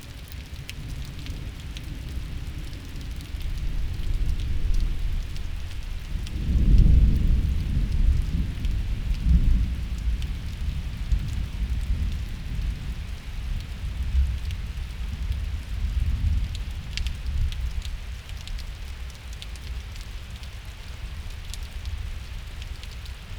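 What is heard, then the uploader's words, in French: Rain falls steadily, with a thin stream of water pouring down onto the ground beneath it. A low, rumbling wash fills the bottom end throughout, swelling around seven seconds and again near ten and sixteen, while fine drip ticks scatter over the top. Enfin, la pluie. Diois - Binaural - 2X mkh8020. A l'abri d'une falaise j'enregistre un filet d'eau qui tombe de plus de vingt mètres sur le sol.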